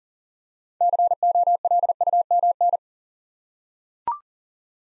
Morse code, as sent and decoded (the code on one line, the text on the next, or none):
-.-. --- .-.. ..- -- -.
COLUMN